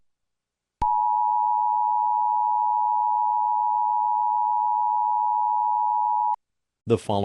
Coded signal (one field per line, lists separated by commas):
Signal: Emergency Alert System (SAME) tones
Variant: 853 and 960 Hz attention tone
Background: speech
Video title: (FIRST EAS-RELATED VIDEO) EAS Scenario #1: The Burger King Toxin